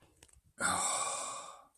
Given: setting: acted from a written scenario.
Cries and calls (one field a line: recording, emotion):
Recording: vocal sound without words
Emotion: awe